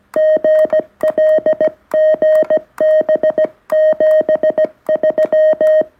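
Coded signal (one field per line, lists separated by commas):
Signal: Morse code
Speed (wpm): 17 wpm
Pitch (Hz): 1850 Hz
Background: none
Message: GL GB 73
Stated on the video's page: Iambic paddle key after four months of use, modified by replacing a screw.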